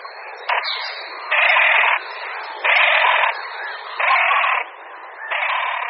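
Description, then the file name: Great crested grebe calls: harsh, grating bursts roughly every 1.3 seconds, each lasting about two-thirds of a second, over a steady background chatter. Courtship display calls of a male. "Potápka-roháč"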